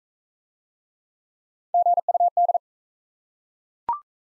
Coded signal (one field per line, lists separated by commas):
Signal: Morse code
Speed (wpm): 39 wpm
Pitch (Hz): 700 Hz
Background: none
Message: GUD